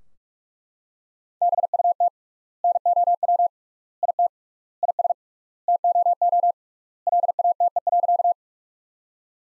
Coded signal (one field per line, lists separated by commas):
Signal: Morse code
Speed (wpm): 41 wpm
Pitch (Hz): 700 Hz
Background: none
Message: BUT NOW IT IS TOO LATE.